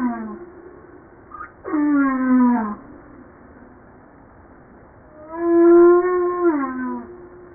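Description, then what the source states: Humpback whale song: the end of a falling moan, a short rising squeak, a long harmonic moan sweeping downward, a quiet gap, then another long moan holding steady before sliding downward. 5 March 1994 at 09:52.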